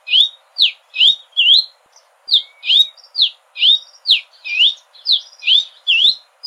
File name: canto do cardeal da amazonia